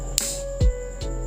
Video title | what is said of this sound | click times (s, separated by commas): How to ASSEMBLE & DISASSEMBLE your BEYBLADE X Guide//(+13 CONTENT)// #beybladex #gearsports | so you can also hear a click | 0.2 s